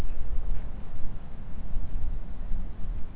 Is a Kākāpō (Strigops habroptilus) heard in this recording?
no